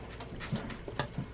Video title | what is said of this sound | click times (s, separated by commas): If its not one thing its another. Freeze dryer broken AGAIN!! | Okay, we heard it click. | 1.0 s